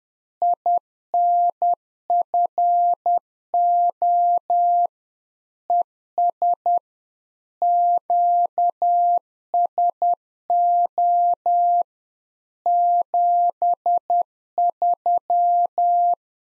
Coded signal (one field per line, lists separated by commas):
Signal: Morse code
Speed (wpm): 10 wpm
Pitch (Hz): 700 Hz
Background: none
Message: INFO ES QSO 73